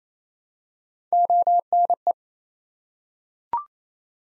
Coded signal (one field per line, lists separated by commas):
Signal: Morse code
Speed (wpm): 28 wpm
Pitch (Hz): 700 Hz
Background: none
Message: ONE